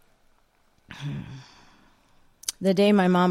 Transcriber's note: sighs